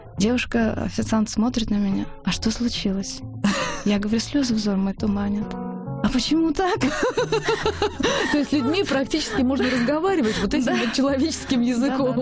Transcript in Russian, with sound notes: Девушка-официант смотрит на меня: «А что случилось?» Я говорю: «Слезы взор мой туманят» - «А почему так?» (все смеются)
То есть с людьми практически можно разговаривать вот этим человеческим языком.